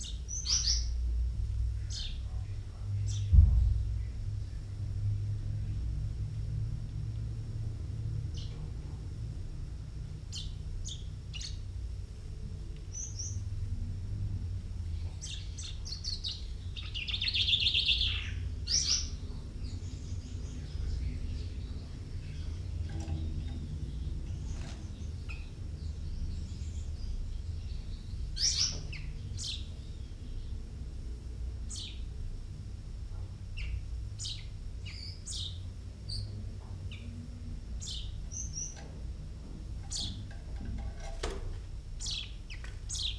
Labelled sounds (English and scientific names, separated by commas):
Common Chaffinch (Fringilla coelebs)